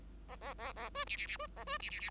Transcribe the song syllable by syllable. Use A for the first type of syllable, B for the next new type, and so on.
A A A A B C C C B A B C C C